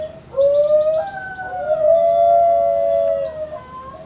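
New Guinea singing dog giving a long, sustained howl that rises, then holds a steady pitch, overlaid by short, high, buzzy trills near the start.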